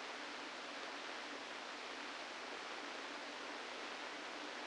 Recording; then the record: brain microelectrode recording played as sound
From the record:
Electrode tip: inside the subthalamic nucleus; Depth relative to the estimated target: 1 mm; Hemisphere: left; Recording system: NeuroSet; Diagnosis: Parkinson's disease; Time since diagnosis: 17 years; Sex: male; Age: 64 years